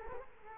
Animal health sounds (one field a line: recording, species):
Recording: mosquito wingbeat signal from an infrared sensor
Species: Culex quinquefasciatus